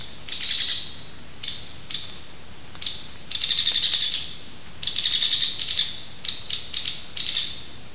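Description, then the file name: Hairy woodpecker calls: sharp, high single peek notes, with several fast rattling runs of notes that run for about a second each. "Picoides villosus"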